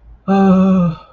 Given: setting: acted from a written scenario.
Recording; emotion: vocal sound without words; fear